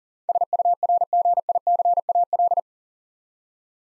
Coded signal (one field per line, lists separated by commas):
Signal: Morse code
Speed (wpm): 42 wpm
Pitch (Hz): 700 Hz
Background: none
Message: SURGICAL